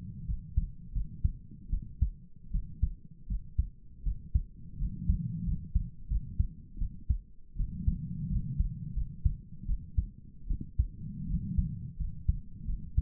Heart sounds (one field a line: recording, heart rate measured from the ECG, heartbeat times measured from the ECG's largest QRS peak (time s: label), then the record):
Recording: heart sounds by stethoscope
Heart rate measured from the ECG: 82 bpm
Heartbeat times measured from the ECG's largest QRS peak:
0.27 s: heartbeat
0.94 s: heartbeat
1.71 s: heartbeat
2.52 s: heartbeat
3.28 s: heartbeat
4.04 s: heartbeat
4.79 s: heartbeat
5.46 s: heartbeat
6.09 s: heartbeat
6.79 s: heartbeat
7.57 s: heartbeat
8.30 s: heartbeat
8.95 s: heartbeat
9.67 s: heartbeat
10.48 s: heartbeat
11.27 s: heartbeat
11.98 s: heartbeat
12.66 s: heartbeat
From the record:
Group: healthy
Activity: rest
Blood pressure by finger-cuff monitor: 134/66 mmHg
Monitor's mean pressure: 86 mmHg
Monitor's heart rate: 80 bpm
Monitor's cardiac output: 7.9 L/min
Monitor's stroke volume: 93 mL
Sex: female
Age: 22 years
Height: 160 cm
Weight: 63 kg